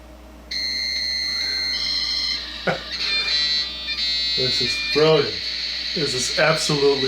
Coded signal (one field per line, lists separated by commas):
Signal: dial-up modem handshake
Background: speech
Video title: How to Create Your Own Dial-Up ISP Over Ethernet (LAN) Server - The Computer Archive